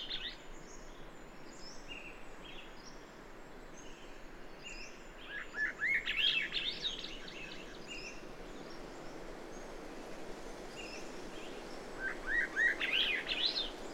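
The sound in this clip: Bird song: two bursts of quick twittering, warbled notes about six seconds apart, with faint chirps over a soft background hiss.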